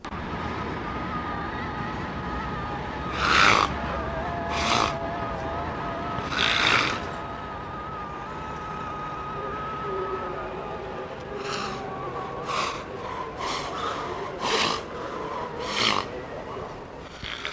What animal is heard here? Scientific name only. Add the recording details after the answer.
Diceros bicornis. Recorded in captivity. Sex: female. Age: adult. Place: Zoo Berlin, Berlin, DE. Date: 1991-10-30. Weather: sonnig, 0°C. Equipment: Nagra SN, Kopie Tesla B 116. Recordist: Tembrock, Günter. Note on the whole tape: Weibchen am Eingang zum Innenraum (dort das Junge), Schnauben, stimmhafte Laute und rollender Langlaut, dabei Oberlippe stark angehoben